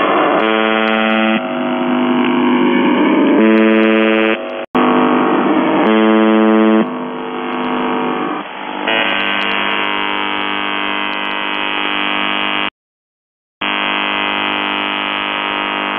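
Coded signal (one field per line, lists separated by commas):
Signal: numbers station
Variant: UVB-76 (The Buzzer)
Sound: harsh repeated buzz tones alternating with warbling, possibly voice-like stretches, through radio static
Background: radio static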